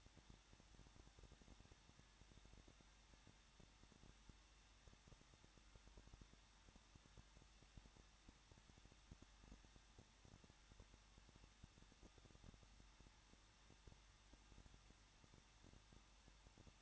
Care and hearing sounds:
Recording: daily activity, microphone in the room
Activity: no activity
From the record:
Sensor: 3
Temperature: 21.2 degrees Celsius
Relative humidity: 36.3%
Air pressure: 1006.3 hPa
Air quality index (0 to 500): 222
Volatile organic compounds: 41 ppm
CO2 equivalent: 3162 ppm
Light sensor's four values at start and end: 2/3/2/2 and 2/3/2/2

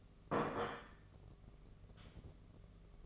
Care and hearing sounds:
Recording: daily activity, microphone in the room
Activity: place plate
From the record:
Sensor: 4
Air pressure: 1016.0 hPa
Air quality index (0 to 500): 208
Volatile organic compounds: 13 ppm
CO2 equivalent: 2394 ppm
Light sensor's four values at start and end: 14/32/13/13 and 14/32/13/13

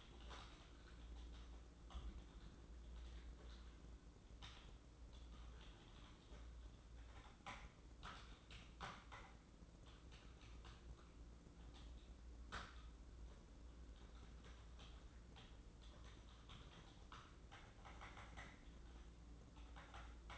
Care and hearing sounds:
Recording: daily activity, microphone in the room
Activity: typing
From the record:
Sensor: 3

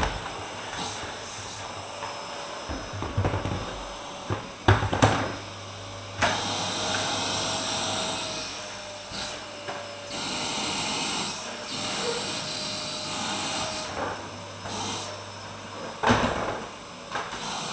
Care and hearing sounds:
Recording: daily activity, microphone in the room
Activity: vacuum cleaning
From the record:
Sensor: 2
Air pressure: 995.1 hPa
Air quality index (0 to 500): 50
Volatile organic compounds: 1 ppm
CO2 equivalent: 782 ppm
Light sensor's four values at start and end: 12/37/15/14 and 16/50/20/19

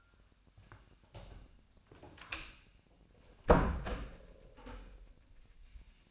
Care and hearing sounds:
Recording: daily activity, microphone in the room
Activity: close door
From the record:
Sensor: 2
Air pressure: 1007.0 hPa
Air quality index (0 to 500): 194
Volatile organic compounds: 12 ppm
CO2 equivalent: 2376 ppm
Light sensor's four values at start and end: 10/24/10/10 and 10/23/10/10

